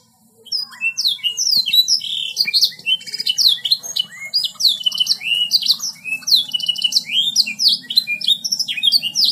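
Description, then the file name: Bird pouring out a continuous, fast medley of high chirps, trills and rising and falling whistled sweeps, with a steady low hum underneath. "omkicau"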